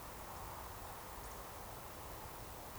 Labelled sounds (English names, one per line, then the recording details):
Eurasian Woodcock whistle
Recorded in Baden-Württemberg, Germany, on 13 June 2020 at 20:02 UTC
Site 43791, 788 m above sea level